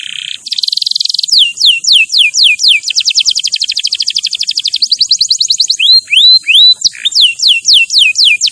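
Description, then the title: Canary song opening with a buzzy tone, then fast repeated downward sweeps, a long quick trill and sharp rising whistles in changing phrases. Champion canary song used as a master recording for training other birds. "Masteran Kenari Juara"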